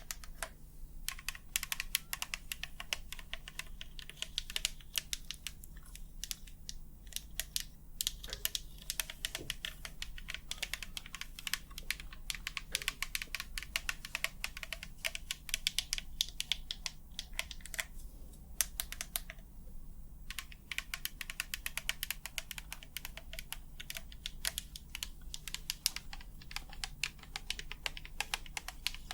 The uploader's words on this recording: ASMR 100% Tapping for the BEST Sleep ~ with long nails, no talking.